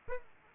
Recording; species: mosquito wingbeat signal from an infrared sensor; Aedes aegypti